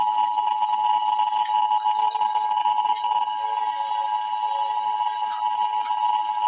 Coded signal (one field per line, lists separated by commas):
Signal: Emergency Alert System (SAME) tones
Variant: 853 and 960 Hz attention tone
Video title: Emergency Alert System - Extreme Heat Watch - Jun 20, 2025 at 3:38 AM EDT